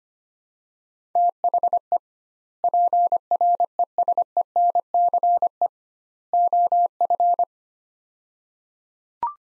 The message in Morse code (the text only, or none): THE PRESENCE OF